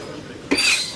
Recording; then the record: coughing mixed with background sound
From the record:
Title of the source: 64 coughing, allergies, singing lungs